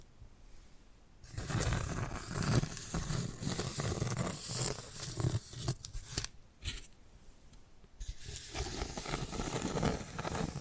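Scratching and tapping begin after a brief quiet second: a dense, rough, rustling scrape with soft low thumps and sharp tap-like clicks scattered through it. The sound drops out briefly around six and a half seconds and again near seven, then returns steadily until the end.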